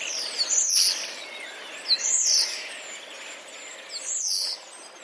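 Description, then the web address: Common starling song with very high, squeaky whistled slurs in three separate bursts, over a soft background hiss. Common starlings; song containing mimicry borrowed from sparrows; recorded 10 April 2023. "wroblowe zapozyczenia szpaki 10 04 2023"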